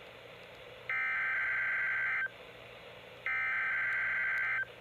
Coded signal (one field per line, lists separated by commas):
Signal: Emergency Alert System (SAME) tones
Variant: header bursts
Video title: EAS Capture #94 - NWR Required Weekly Test